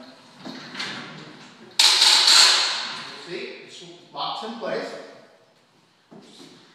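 A ladder leveler's release button is pushed and its leg is set into its locking bracket, seating with a loud metallic click at 1.8 s that rings out and slowly fades. Softer handling knocks follow, and someone talks.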